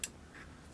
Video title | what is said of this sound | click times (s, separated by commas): Modernization of a Pre-ban AR-15 Rifle, useful and easy Upgrades | the detent gets in the groove there we have a click here so now that's in so we can pull that in and out and we are | 0.0 s